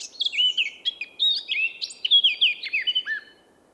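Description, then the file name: Eurasian blackcap song: a rapid, varied warble of scratchy and clear notes, with faint steady background noise. "Sylvia atricapilla"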